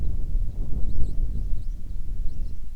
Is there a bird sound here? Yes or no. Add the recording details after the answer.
yes. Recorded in the Prudhoe Bay oil fields, Alaska, on 10 July 2019 at 09:44. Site 11